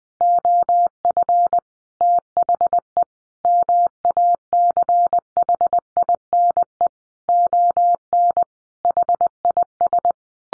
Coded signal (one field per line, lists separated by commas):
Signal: Morse code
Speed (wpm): 20 wpm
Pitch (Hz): 700 Hz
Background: none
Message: OF THE MACHINE ON HIS